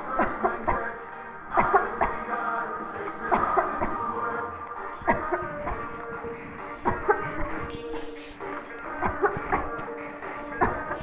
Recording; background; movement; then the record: voluntary coughing; music; sitting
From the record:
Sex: female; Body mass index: 18.8 kg/m2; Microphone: on the chest, facing the body